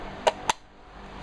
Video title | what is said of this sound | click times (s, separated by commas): Install a trailer brake control in your Sprinter's dash | and then this snaps | 0.5 s